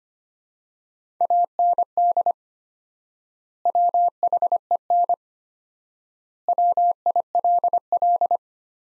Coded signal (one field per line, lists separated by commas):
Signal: Morse code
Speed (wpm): 25 wpm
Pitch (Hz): 700 Hz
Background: none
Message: AND WHEN WILL